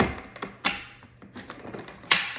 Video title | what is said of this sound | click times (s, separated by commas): Making the Ultimate Oreo Ice Cream! | locks into place now you want ice cream push power and you push | 2.1 s